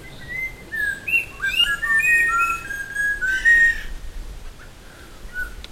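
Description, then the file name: Buffy laughingthrush pouring out a quick series of loud, pure whistled notes that step up and down, broken by brief harsh chattering bursts. "laughingthrush-buffy Garrulax-berthemyi"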